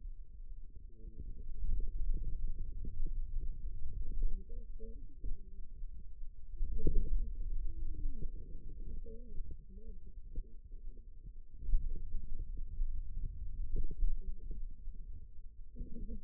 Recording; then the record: forearm muscle sounds (acoustic myography)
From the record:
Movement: finger pinch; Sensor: system 2, bracelet of six BSWA MPA416 microphones around the upper forearm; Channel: 4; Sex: female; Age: 21 years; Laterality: right